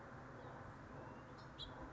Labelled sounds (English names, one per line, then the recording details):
House Finch
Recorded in Sonoma County, California